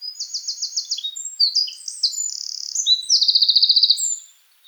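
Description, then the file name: Eurasian wren song: a loud, fast outpouring of high trills and rattling notes, with quick buzzy runs and sharp chips tumbling together for about four seconds. "Troglodytes troglodytes"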